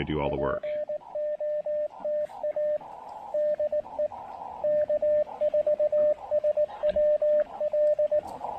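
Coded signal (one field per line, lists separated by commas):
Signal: Morse code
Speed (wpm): 18 wpm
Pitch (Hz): 600 Hz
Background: speech, radio noise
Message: POTA DE K4SWL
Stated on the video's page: QRP activation at a state forest using an Elecraft KX2 with AX1 antenna.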